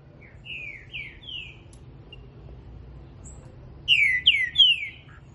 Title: Canto De Trinca Ferro. Trinca ferro Rex cantando muito pela manhã